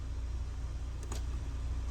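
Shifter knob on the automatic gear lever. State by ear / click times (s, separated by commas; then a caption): released / 1.1 s. A new plastic shifter knob is pushed down onto an automatic gear lever over a steady low hum, with a faint tick at 1.0 s. It goes too far, and at 1.1 s the shift lock clicks open, releasing the lock and removing the safety lock.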